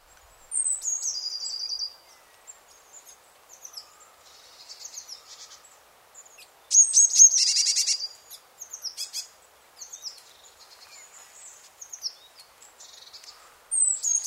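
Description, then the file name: Eurasian blue tit calling: a thin, high descending note slides into a fast buzzy trill, then scattered high chips and a loud churring rattle midway, with more thin notes following. "Cyanistes caeruleus"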